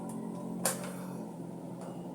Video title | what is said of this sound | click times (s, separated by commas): HUAWEI ETS5623 Landline Desktop Phone Unboxing And Review | Hear the 'click' sound and | 0.7 s